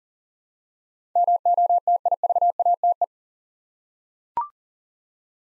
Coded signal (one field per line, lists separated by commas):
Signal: Morse code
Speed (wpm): 40 wpm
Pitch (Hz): 700 Hz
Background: none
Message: MOTIVATE